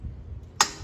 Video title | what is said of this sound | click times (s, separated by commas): รีวิว สามล้อไฟฟ้า EV999 black box (แบล็คบ็อก) | จะมีเสียงดังกรึบนิดนึงนะฮะแล้วก็วางกลับไปคือพับเก็บแล้วใน | 0.6 s